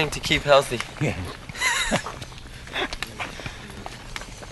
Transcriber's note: laughs